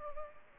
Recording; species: mosquito wingbeat signal from an infrared sensor; Culex pipiens